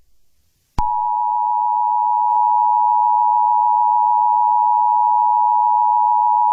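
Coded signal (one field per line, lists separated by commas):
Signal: Emergency Alert System (SAME) tones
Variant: 853 and 960 Hz attention tone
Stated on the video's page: Mock EAS alert.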